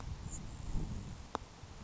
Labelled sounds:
Grasshopper Sparrow (Ammodramus savannarum)
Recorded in Sonoma County, California

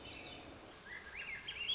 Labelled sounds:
Swainson's Thrush (Catharus ustulatus)
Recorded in Sonoma County, California

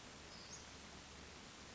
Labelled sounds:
Western Flycatcher (Empidonax difficilis)
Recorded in Sonoma County, California

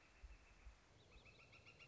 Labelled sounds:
Northern Flicker (Colaptes auratus)
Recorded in Sonoma County, California

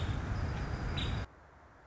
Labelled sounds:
Nuttall's Woodpecker (Dryobates nuttallii)
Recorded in Sonoma County, California

